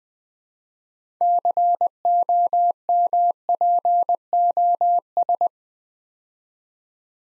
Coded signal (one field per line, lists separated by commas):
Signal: Morse code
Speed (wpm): 20 wpm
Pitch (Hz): 700 Hz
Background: none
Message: COMPOS